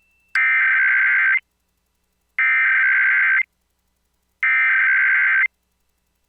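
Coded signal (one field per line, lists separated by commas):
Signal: Emergency Alert System (SAME) tones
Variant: header bursts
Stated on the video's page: National Periodic Test of the Emergency Alert System, nationwide live activation, as aired by San Antonio TV and radio stations and stations in Wyoming and Virginia.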